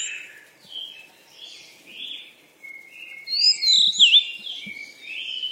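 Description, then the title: Bird chirping: soft, slurred notes at first, then louder, quick, squeaky chirps and twitters overlapping toward the end. "鸟儿喳喳"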